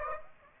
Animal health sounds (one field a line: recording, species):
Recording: mosquito wingbeat signal from an infrared sensor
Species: Aedes aegypti